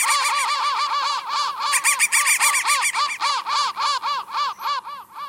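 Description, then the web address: Crow calls, electronically altered: a quick, steady series of arched, harmonic, nasal notes, about three or four each second, running without pause. Processed crow call. "soundfactory crow 1"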